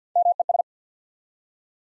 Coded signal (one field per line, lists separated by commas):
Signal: Morse code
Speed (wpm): 50 wpm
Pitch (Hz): 700 Hz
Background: none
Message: MES